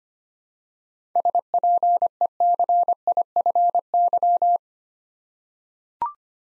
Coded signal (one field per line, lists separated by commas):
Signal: Morse code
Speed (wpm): 25 wpm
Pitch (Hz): 700 Hz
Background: none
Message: SPECIFY